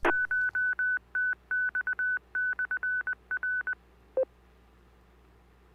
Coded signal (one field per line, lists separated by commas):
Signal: Morse code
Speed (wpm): 20 wpm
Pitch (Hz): 1500 Hz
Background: none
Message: CHTX/R